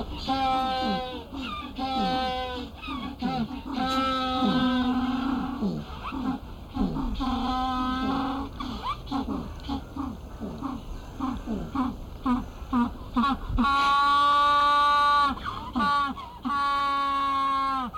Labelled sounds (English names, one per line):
African Penguin call